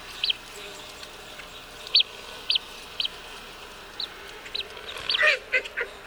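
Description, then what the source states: Blue-winged Teal calling: short high whistled peeps at irregular intervals, then a cluster of overlapping peeps and lower quacking notes near the end. Played recording; male gives the high whistling peep, female the repeated quack, quack, quack; like most ducks, not very musical.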